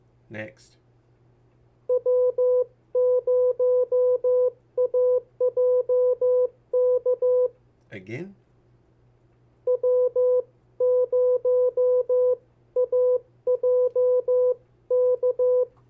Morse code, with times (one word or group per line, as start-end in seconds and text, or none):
1.9-7.5 W0AJK
9.7-15.6 W0AJK